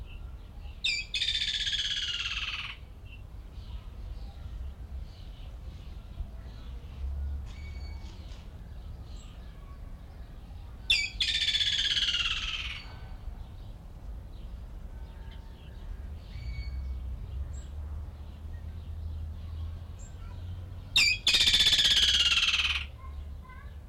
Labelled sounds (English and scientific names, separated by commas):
Woodland Kingfisher (Halcyon senegalensis) call